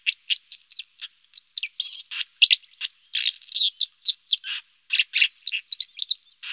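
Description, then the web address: White-throated dipper song: a fast, scratchy run of warbled notes and trills, with brief pure whistles mixed among grating chirps, delivered almost continuously. "IVN Zangvogels. Waterspreeuw"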